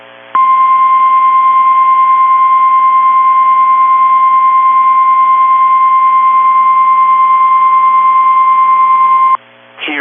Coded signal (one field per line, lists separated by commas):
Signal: Emergency Alert System (SAME) tones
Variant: 1050 Hz attention tone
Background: speech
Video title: EAS Winter Storm Warning New Hampshire/Southern Maine NOAA Weather Radio